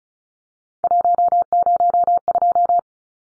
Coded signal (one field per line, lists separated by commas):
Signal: Morse code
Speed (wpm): 34 wpm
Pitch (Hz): 700 Hz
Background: none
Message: 102